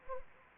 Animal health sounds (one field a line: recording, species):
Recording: mosquito wingbeat signal from an infrared sensor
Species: Anopheles arabiensis